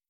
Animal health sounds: hydrophone in a shrimp aquaculture tank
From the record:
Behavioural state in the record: starved

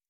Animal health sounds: hydrophone in a shrimp aquaculture tank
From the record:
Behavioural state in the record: stressed

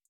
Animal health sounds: hydrophone in a shrimp aquaculture tank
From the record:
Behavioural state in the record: feeding

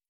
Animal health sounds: hydrophone in a shrimp aquaculture tank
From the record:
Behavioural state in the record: stressed

